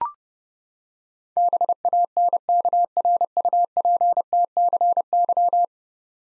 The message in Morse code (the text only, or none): BANKRUPTCY